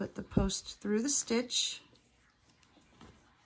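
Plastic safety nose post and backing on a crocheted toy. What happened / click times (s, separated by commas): Small part handled through fabric, no seating click yet / none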